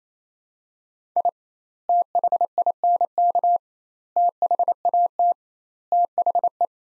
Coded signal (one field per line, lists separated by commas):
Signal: Morse code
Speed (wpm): 28 wpm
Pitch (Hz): 700 Hz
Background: none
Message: I THINK THAT THE